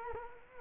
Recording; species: mosquito wingbeat signal from an infrared sensor; Culex quinquefasciatus